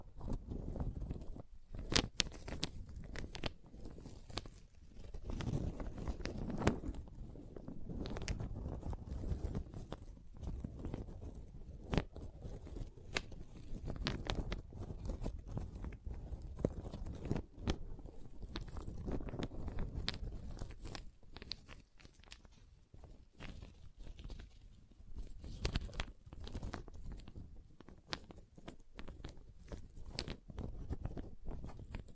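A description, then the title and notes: Wooden triggers: a dense run of small taps, clicks and crackles on wood, sounding much like biting or footsteps. The clatter is irregular and crowded, heaviest in the low range, and eases slightly around 21 to 25 seconds before picking up again. ASMR Calming Wood Triggers for Sleep (No Talking).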